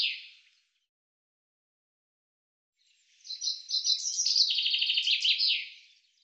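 Common chaffinch song: the tail of one phrase, then after a pause a full bright phrase of rapid trills ending in a quick falling flourish.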